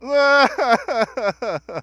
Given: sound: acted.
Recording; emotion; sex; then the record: nonverbal affect burst; sadness; male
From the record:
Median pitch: 249 Hz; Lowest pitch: 150 Hz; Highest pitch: 309 Hz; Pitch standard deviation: 39 Hz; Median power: 69.4 dB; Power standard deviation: 13.8 dB